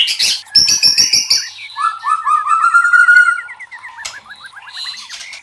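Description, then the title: White-rumped shama song: rattling clicks and high chatter, then a long run of rapid slurred notes and a final trill of upswept whistles. Training (masteran) recording for cage birds. "MURAI BATU LABAIK"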